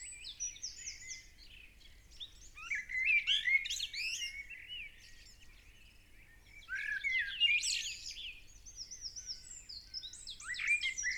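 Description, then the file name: Common blackbird song: two louder bursts of high squeaky twittering, with quieter high chatter around them. "Turdus merula"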